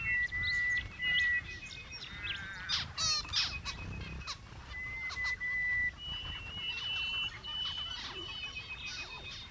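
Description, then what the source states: Zebra finch chatter: nasal, tinny beeps and a rapid buzzy run of stacked notes near three seconds, amid a crowded flock of similar calls. More than one zebra finch.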